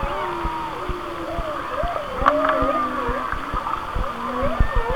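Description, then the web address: Whale song of rhythmic, looping wavering tones above steady low moans, with scattered clicks and a brief sharp crackle partway through. "Natures Songs Whale Songs Whale Songs"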